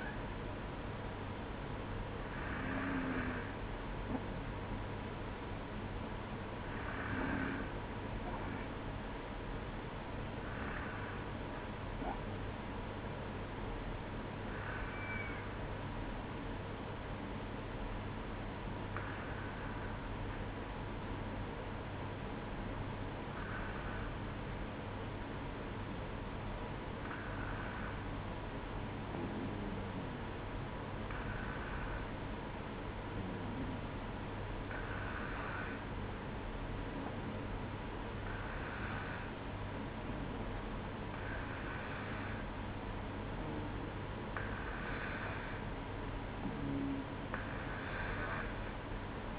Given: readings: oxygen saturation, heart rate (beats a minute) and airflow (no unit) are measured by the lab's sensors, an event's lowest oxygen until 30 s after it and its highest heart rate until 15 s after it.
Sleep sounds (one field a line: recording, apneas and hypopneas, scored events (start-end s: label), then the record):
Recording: breathing in sleep by a voice recorder at the bedside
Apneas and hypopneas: 1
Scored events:
11.00-42.40 s: hypopnea (N2, oxygen 95% highest, then 92% lowest, heart rate 58 at the start, 64 highest)
From the record:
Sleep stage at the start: N2 (light sleep)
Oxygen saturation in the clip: 93 to 95%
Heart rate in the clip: 57 to 61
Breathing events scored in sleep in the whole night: 305 in 9.6 hours asleep